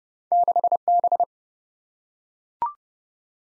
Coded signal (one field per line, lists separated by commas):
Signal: Morse code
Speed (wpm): 31 wpm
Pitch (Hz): 700 Hz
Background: none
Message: 6B